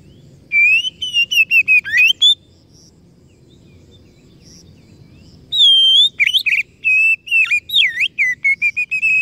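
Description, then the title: Oriental magpie-robin song of loud, varied whistled notes in two long phrases separated by a pause, with swooping slurs, the second opening with a high steady whistle, over faint low rumble. Masteran (training recording) meant to provoke kacer into gacor (full, active singing); described as successful, the bird going on to become a contest champion. "Masteran Kacer Yang Sukses Memancing Kacer Gacor Sampai Jadi Juara"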